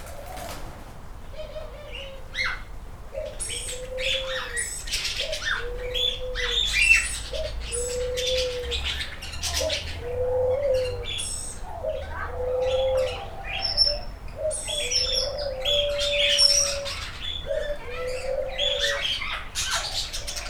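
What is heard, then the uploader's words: Birds in an aviary at midday: a low, rounded cooing repeats steadily about once a second, under a busy scatter of bright chirps and tweets from many small birds. A faint low hum runs underneath throughout. Jardin des Plantes de Rouen. Noon, Birdhouse.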